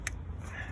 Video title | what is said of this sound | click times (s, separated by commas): BMW 118i F20 (1.5) Service Oil - Oil Filter - Air Filter - Spark Plugs | Just make sure you hear that click. Excellent. | 0.1 s